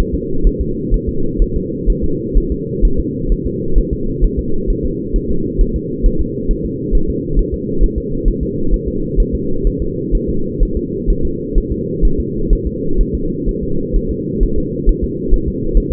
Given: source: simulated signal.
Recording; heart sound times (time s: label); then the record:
fetal heart sounds
0.14 s: S2
0.47 s: S1
0.61 s: S2
0.94 s: S1
1.09 s: S2
1.42 s: S1
1.56 s: S2
1.90 s: S1
2.04 s: S2
2.38 s: S1
2.52 s: S2
2.85 s: S1
3.00 s: S2
3.32 s: S1
3.47 s: S2
3.78 s: S1
3.93 s: S2
4.24 s: S1
4.39 s: S2
4.70 s: S1
4.85 s: S2
5.16 s: S1
5.31 s: S2
5.61 s: S1
5.76 s: S2
6.06 s: S1
6.21 s: S2
6.51 s: S1
6.65 s: S2
6.95 s: S1
7.10 s: S2
7.39 s: S1
7.54 s: S2
7.84 s: S1
7.98 s: S2
8.28 s: S1
8.43 s: S2
8.74 s: S1
8.88 s: S2
9.20 s: S1
9.35 s: S2
9.67 s: S1
9.82 s: S2
10.15 s: S1
10.29 s: S2
10.63 s: S1
10.77 s: S2
11.10 s: S1
11.25 s: S2
11.58 s: S1
11.72 s: S2
12.05 s: S1
12.20 s: S2
12.53 s: S1
12.67 s: S2
13.01 s: S1
13.15 s: S2
13.49 s: S1
13.63 s: S2
13.96 s: S1
14.11 s: S2
14.43 s: S1
14.58 s: S2
14.89 s: S1
15.04 s: S2
15.34 s: S1
15.48 s: S2
15.78 s: S1
15.92 s: S2
From the record:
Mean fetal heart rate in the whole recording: 130 bpm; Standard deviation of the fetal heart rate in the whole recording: 4 bpm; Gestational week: 38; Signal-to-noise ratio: -8.1 dB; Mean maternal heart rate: 72 bpm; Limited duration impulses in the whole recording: absent